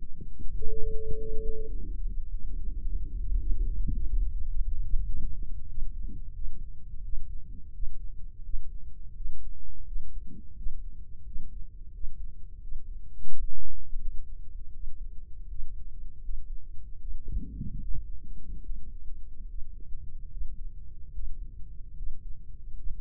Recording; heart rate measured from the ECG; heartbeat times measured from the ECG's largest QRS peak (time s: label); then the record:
heart sounds by microphone in the right ear; 87 bpm
0.56 s: heartbeat
1.16 s: heartbeat
1.74 s: heartbeat
2.30 s: heartbeat
2.85 s: heartbeat
3.39 s: heartbeat
3.94 s: heartbeat
4.48 s: heartbeat
5.06 s: heartbeat
5.68 s: heartbeat
6.34 s: heartbeat
7.02 s: heartbeat
7.72 s: heartbeat
8.43 s: heartbeat
9.14 s: heartbeat
9.84 s: heartbeat
10.55 s: heartbeat
11.24 s: heartbeat
11.92 s: heartbeat
12.60 s: heartbeat
13.29 s: heartbeat
13.99 s: heartbeat
14.72 s: heartbeat
15.48 s: heartbeat
16.22 s: heartbeat
17.00 s: heartbeat
17.81 s: heartbeat
18.63 s: heartbeat
19.48 s: heartbeat
20.30 s: heartbeat
21.12 s: heartbeat
21.96 s: heartbeat
22.76 s: heartbeat
From the record:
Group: healthy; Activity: breath hold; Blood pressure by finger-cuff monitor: 124/59 mmHg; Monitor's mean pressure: 78 mmHg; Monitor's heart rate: 86 bpm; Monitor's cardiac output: 7.7 L/min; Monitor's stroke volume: 90 mL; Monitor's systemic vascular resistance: 710 dyn s/cm5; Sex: female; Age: 32 years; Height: 168 cm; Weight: 61.9 kg